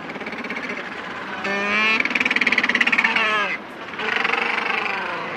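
Macaroni penguin braying call: harsh, harmonic bleating that swells into a loud pulsing burst, breaks off, then resumes in a steadier braying run.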